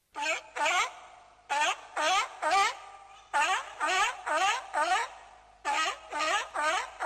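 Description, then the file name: Seal calls: harmonic, bleating wails that dip then rise in pitch, given in clusters of two to five with short pauses, repeating throughout. "howler hylkeen aani"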